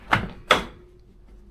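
A hard tri-fold tonneau cover panel on a Rough Country bed cover is pushed down onto the pickup bed rail after failing to latch. A first thunk at 0.1 s is followed by a sharper, louder thunk at 0.5 s as the panel latch catches and seats into the rail.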